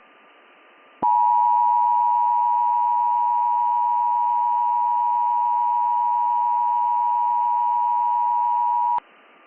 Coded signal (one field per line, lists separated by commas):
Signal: Emergency Alert System (SAME) tones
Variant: 853 and 960 Hz attention tone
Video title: Unova Winter (EAS Scenario)